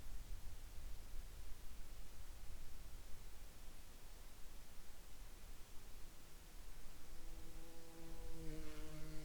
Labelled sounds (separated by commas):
insects, man-made sound